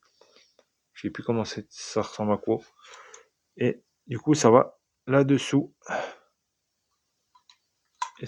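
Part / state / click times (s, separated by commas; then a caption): plastic missile accessory into the underside of a toy vehicle / seated / 8.0 s. A plastic missile or drone accessory from a Batman toy is pushed into its mount on the underside of the toy vehicle while someone talks. It snaps into place with a sharp click at 8.0 s and is seated underneath.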